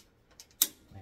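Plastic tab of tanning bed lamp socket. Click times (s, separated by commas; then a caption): 0.6 s. A plastic tab on a tanning bed lamp socket is pushed into place after the wire is inserted. A few faint ticks lead up to one sharp, bright snap at 0.6 s as the tab seats, followed by a low thump near the end. The tab is confirmed to have snapped in.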